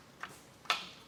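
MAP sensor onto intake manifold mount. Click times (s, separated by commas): 0.7 s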